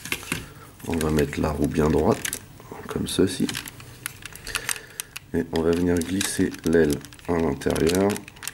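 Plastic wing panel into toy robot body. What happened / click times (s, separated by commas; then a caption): The plastic wing panel is being handled but has not yet clicked home / none. Someone talks while handling a plastic transforming toy robot (a Dark of the Moon Leader Class Ironhide), setting its wheel straight and sliding the plastic wing panel inside the body. Brief, sharp plastic ticks and taps are heard between the speech. The wing panel has not seated or clicked into place yet.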